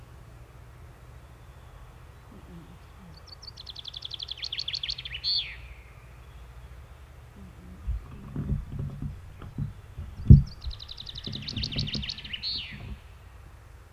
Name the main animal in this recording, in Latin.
Fringilla coelebs